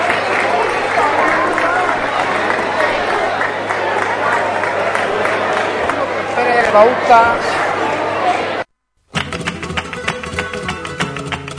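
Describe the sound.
A crowd applauds the winner of a prestigious painting competition in a dense, steady roar of clapping mixed with murmuring voices for about eight seconds, then cuts off abruptly before rhythmic music begins.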